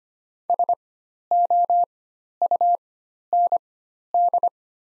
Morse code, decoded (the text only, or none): SOUND